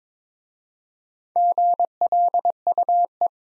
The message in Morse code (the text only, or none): GLUE